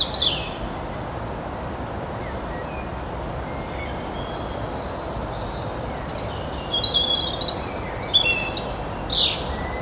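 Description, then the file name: European robin: quiet start, then a bright, tumbling phrase of high whistles and quick descending notes in the last few seconds. "Erithacus rubecula"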